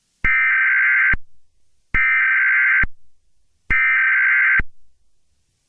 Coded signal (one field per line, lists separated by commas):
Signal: Emergency Alert System (SAME) tones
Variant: header bursts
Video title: An Special EAS Scenario: Sarah The Killer